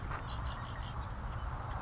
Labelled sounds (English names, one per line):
Red-winged Blackbird